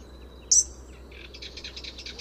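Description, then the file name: European robin giving a single sharp, very high thin call, followed by faint rapid high twittering in the background over steady low hum. "Erithacus rubecula"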